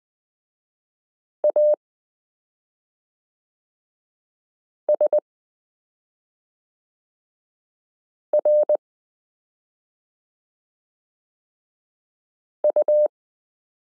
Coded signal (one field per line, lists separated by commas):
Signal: Morse code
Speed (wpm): 20 wpm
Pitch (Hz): 600 Hz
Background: none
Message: A S R U